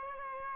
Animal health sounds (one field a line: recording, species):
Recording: mosquito wingbeat signal from an infrared sensor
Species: Aedes aegypti